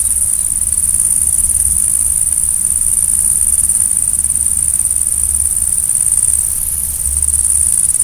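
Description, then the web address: Grasshopper stridulation, a continuous shrill hiss that briefly softens near the end before resuming, with low background rumble. "heuschrecken sound"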